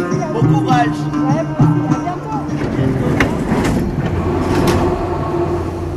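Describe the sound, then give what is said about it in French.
Metro station ambience in the corridors of the Châtelet metro station in Paris: an echoing, steady low rumble and hubbub of indistinct voices, with a brief melodic tune at the start before it fades into the crowd noise and clatter. “passé plusieurs années loin de France, loin de Barbès et de Belleville, que tous ces souvenirs reviennent à ma mémoire quand je me retrouve dans les couloirs du métro Châtelet-Léal et que j'entends ce morceau.”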